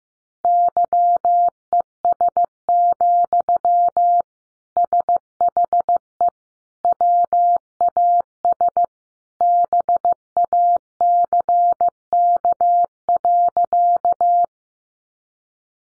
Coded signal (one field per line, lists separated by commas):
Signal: Morse code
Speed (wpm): 15 wpm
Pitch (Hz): 700 Hz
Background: none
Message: YES, SHE WAS BACK.